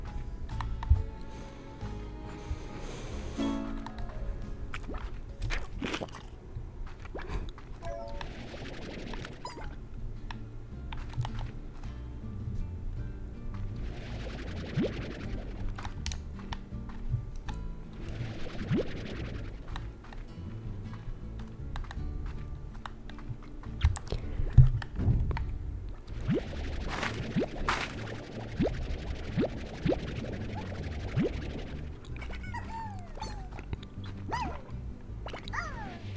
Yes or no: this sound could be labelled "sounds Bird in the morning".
no